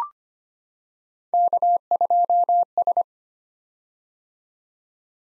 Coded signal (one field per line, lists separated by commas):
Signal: Morse code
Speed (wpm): 25 wpm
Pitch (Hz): 700 Hz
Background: none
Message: K2S